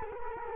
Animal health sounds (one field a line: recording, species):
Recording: mosquito wingbeat signal from an infrared sensor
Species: Culex quinquefasciatus